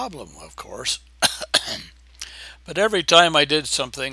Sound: cough, cough